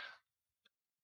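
One quiet, short, breathy burst with a sharp start and quick fade: a single mild cough from a pet dog indoors.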